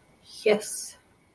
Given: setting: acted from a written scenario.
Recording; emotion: vocal sound without words; triumph